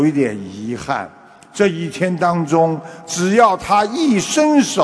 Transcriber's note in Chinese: none